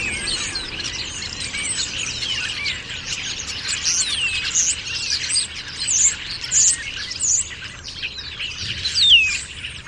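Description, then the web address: Bird calls: a dense chorus of many birds chirping and trilling at high pitch, overlapping continuously, with a few sharper squeaky notes standing out in the second half. "Deverinetal 2025. Bird Only"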